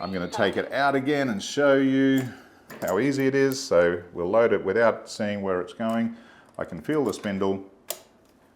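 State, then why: Seated. A bobbin case is slipped blind onto the hook spindle of a VMA V-0303ED-4 industrial walking-foot sewing machine while someone talks. A short, sharp click is heard at 7.9 s as the bobbin case clicks into place and is seated on the spindle.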